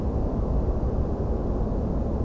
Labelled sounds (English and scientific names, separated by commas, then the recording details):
none
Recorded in France